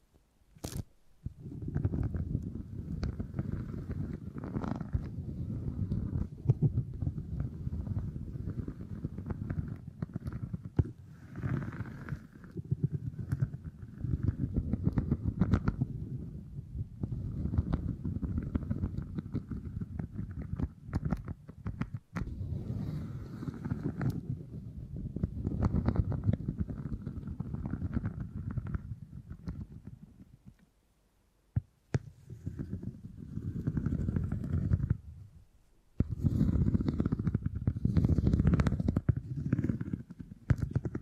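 Beeswax being squished and handled, a dense, steady low crackling and squelching with sharp clicks, briefly stopping near 31 and 35 seconds.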